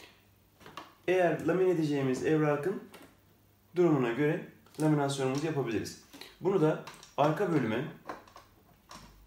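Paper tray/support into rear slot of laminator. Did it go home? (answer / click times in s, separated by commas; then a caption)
no / none. Someone talks while handling the paper tray or support as it goes toward the rear slot of a laminating machine, with a few faint taps near the start and end. Nothing has seated or clicked into place yet.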